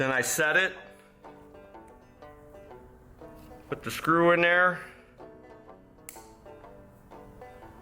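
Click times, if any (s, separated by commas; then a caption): 6.1 s. A screw is put into a screw-holding starter screwdriver while mounting an engine starter, and someone talks over light plucked-string music in the background. A sharp snap at 6.1 s is the holder clicking closed on the screw head, so the screw is seated and held in the tool.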